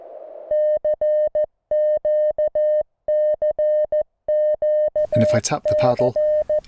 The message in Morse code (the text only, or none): CQ CQ C